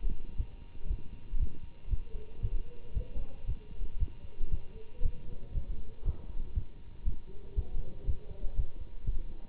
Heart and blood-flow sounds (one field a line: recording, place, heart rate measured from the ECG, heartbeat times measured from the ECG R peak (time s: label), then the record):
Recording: heart sounds by stethoscope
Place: between the tricuspid and mitral areas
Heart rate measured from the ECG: 117 bpm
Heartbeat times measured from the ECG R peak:
0.37 s: heartbeat
0.88 s: heartbeat
1.39 s: heartbeat
1.89 s: heartbeat
2.41 s: heartbeat
2.94 s: heartbeat
3.46 s: heartbeat
3.99 s: heartbeat
4.51 s: heartbeat
5.03 s: heartbeat
5.54 s: heartbeat
6.04 s: heartbeat
6.54 s: heartbeat
7.05 s: heartbeat
7.55 s: heartbeat
8.06 s: heartbeat
8.56 s: heartbeat
9.06 s: heartbeat
From the record:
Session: Bruce protocol treadmill stress test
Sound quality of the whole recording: good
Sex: male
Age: 24 years